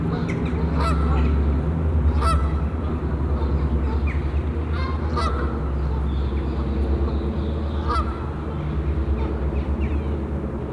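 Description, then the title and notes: Goose: geese honking in overlapping bursts, several sharp calls standing out, over heavy low-frequency rumble. Geese on the pond of Bouchout castle, Meise botanical garden, Belgium; binaural recording. "Plantentuin, Meise, Belgique - Oies - Geese. Meise, jardin botanique. Des oies sur l'étang du chateau de Bouchout. Enregistrement binaural"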